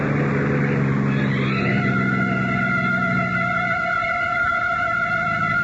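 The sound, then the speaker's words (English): A car engine roars as it picks up speed, its pitch climbing in the first second or two before settling into a steady, loud droning hum with a sustained whine on top. “Let's not get picked up for speeding.”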